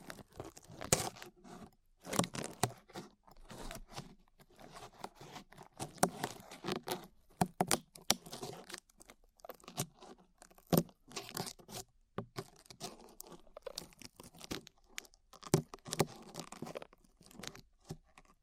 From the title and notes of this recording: ASMR Peeling Glue Off Your Ears (No Talking).